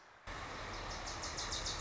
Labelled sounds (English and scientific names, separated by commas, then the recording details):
Wilson's Warbler (Cardellina pusilla)
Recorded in Sonoma County, California